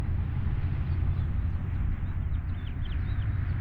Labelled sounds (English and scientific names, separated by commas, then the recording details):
House Finch (Haemorhous mexicanus) song
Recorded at Wantagh on Long Island, New York, on 21 May 1975
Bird D